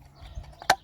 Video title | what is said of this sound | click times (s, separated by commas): Peugeot 3008 service, oil filter, air filter and oil change. Peugeot 3008 periodic service | just like that hear the click | 0.7 s